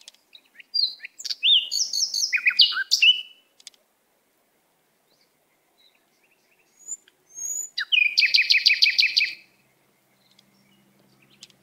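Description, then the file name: Canary song in two phrases: a varied twittering passage with rapid trills, a few seconds of quiet, then a quick rattling trill of repeated notes. "Canary Voice"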